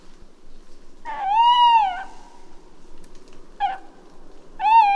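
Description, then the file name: Tawny owl hoots: a drawn-out, slightly arching tonal note, then a short clipped note and the start of another long hoot, over a quiet low hum. "Chouette hulotte"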